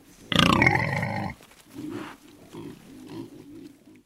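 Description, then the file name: Wild boar giving one loud, harsh squeal lasting about a second, followed by a run of soft, rapid grunts. "vildsvin"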